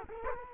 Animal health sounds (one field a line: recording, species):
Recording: mosquito wingbeat signal from an infrared sensor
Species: Culex quinquefasciatus